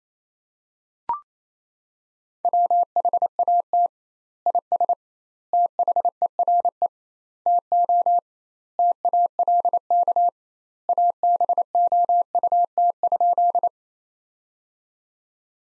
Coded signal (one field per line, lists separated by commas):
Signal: Morse code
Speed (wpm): 28 wpm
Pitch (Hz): 700 Hz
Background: none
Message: WHAT IS THERE TO TALK ABOUT?